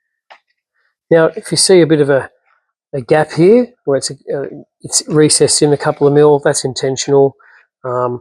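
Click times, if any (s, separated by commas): 0.3 s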